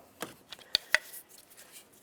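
On a 2007-2011 Toyota Camry, the lower metal socket of an old gas lift support is pried off the body's ball stud with a flat-blade screwdriver, while the hood is held up by shoulder so it can't fall. After faint ticks near 0.2 and 0.5 s, sharp metallic snaps ring out at 0.8 s and 1.0 s as the socket pops off the stud. The lower end of the lift support is confirmed released.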